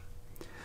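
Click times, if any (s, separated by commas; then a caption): 0.4 s. A MagBolt magnetic iPhone/Android charging cable head is brought to the dongle plugged into a phone's port and is pulled in by its strong magnet, which holds it firmly enough that it takes force to pull out. It snaps into place with a quiet, short click at 0.4 s, and the connector is seated.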